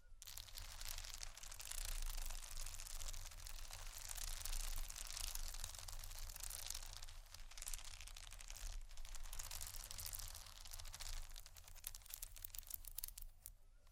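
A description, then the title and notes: Tapping and scratching on bags makes a dense, continuous crinkling and crunching across the clip, bright and busy with rapid tiny clicks. The texture swells and eases slightly, with brief dips near seconds 7 and 9, over a steady low hum throughout. ASMR Tappingscratching Galore 4 Bags (No Talking).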